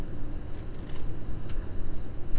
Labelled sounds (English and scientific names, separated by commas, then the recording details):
none
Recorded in Germany
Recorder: ecoPi